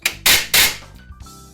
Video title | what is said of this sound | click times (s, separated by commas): How To Install Vertical Blinds | This is the sound of the clutch realigning the carriers. | 0.1 s